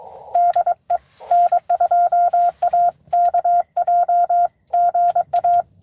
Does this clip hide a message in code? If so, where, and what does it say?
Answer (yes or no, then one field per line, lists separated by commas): yes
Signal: Morse code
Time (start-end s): 0.4-5.6 s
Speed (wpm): 22 wpm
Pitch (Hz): 690 Hz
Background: radio noise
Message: DE N2AKJ GA